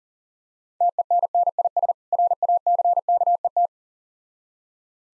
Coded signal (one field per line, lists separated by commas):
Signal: Morse code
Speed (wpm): 42 wpm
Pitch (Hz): 700 Hz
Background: none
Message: TENNIS RACKET